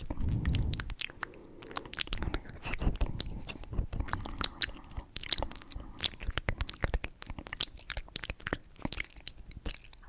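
Intense mouth sounds: wet chewing and biting with dense, rapid clicks and crunches packed throughout the ten seconds. A low rumbling smack opens the first second, then sharp, bright snaps keep coming at an irregular, busy pace over a soft constant hiss.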